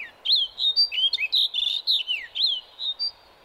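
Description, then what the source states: Snow bunting song: a quick run of clear whistled notes, some rising and some falling, in a musical warbling phrase lasting about three seconds. Males on Arctic tundra breeding territories in April, arriving a month ahead of females and defending them relentlessly.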